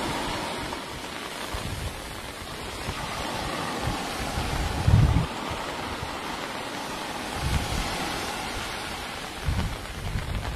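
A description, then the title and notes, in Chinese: Sea heard through steady early-morning rain, a dense even hiss with low rumbling swells, one deeper thump near five seconds. 清晨雨中听海。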